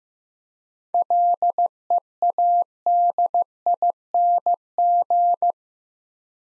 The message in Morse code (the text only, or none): LEADING